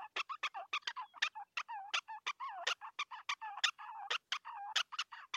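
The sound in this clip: Prairie dog calls: dense, fast chattering of sharp chirps mixed with wavering, squeaky notes, almost continuous throughout.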